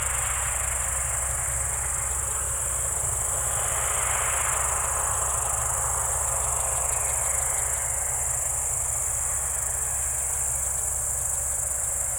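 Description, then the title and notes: Cricket chorus, an even high shrill buzz with faint rapid pulses, as a vehicle swells past over a persistent low engine drone. Evening crickets at Spalona Pass, Bystrzyckie Mountains, Poland, 18/07/2024 around 19:00; an old tractor mowing grass in the village below and passing cars are in the background. "Spalona 6, 57-516, Polska - Spalona Pass - crickets and haymaking. Przełęcz Spalona w Górach Bystrzyckich. wieczorne świerszcze"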